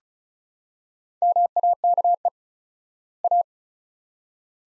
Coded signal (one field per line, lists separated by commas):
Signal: Morse code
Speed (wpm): 36 wpm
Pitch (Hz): 700 Hz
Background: none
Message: MAKE A